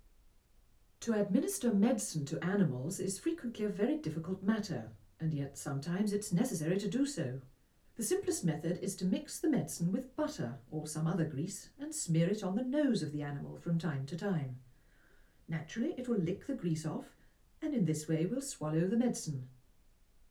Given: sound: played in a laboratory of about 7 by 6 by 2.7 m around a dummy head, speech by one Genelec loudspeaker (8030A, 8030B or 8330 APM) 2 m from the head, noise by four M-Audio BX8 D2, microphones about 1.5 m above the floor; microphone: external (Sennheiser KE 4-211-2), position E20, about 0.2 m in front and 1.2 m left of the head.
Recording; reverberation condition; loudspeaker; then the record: female speech in English; low; 120 degrees to the right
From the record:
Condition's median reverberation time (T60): about 310 ms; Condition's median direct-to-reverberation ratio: about 3.5 dB